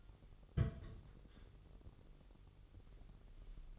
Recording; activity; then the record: daily activity, microphone in the room; place on stove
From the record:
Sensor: 4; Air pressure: 989.1 hPa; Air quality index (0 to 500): 210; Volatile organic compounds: 58 ppm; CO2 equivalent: 3394 ppm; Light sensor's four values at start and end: 28/97/36/38 and 28/97/36/38